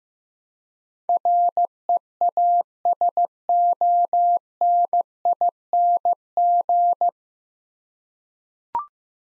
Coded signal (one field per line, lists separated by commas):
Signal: Morse code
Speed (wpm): 15 wpm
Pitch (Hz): 700 Hz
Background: none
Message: REASONING